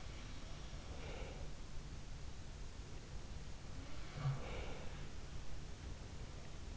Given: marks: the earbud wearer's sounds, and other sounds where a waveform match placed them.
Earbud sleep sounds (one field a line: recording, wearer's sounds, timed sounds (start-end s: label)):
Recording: sounds in sleep by an in-ear microphone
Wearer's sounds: breath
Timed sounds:
0.74-1.64 s: breath
3.84-5.23 s: sound from someone else or the room
4.25-5.23 s: breath